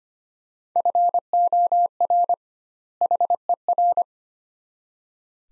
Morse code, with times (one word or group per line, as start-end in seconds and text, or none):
0.8-2.3 FOR
3.0-4.0 HER